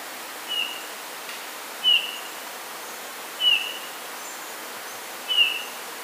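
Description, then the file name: Eurasian bullfinch calling with four brief, mellow whistled notes spaced roughly every one and a half seconds, the first faint, against constant hiss. "Pyrrhula pyrrhula"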